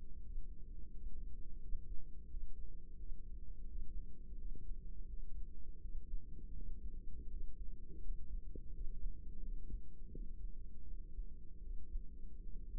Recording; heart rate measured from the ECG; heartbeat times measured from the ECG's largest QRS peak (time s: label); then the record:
heart sounds by microphone in the right ear; 84 bpm
0.22 s: heartbeat
0.91 s: heartbeat
1.59 s: heartbeat
2.27 s: heartbeat
2.96 s: heartbeat
3.66 s: heartbeat
4.35 s: heartbeat
5.07 s: heartbeat
5.79 s: heartbeat
6.53 s: heartbeat
7.27 s: heartbeat
8.00 s: heartbeat
8.71 s: heartbeat
9.40 s: heartbeat
10.10 s: heartbeat
10.85 s: heartbeat
11.61 s: heartbeat
12.40 s: heartbeat
From the record:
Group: healthy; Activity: breath hold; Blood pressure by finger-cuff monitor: 112/66 mmHg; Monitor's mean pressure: 83 mmHg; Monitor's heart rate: 85 bpm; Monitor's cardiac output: 7 L/min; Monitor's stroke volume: 83 mL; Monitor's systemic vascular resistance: 850 dyn s/cm5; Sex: female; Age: 24 years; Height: 163 cm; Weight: 55.7 kg